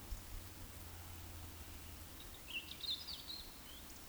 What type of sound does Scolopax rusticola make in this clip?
whistle